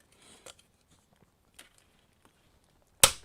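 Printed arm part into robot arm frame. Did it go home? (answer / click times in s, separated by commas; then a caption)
yes / 3.0 s. A 3D-printed robot-arm part is pressed onto an SO-101 robot arm frame after several failed tries, with quiet handling rustles and small ticks at first. A sharp, loud snap at 3.0 s marks the part seating into place.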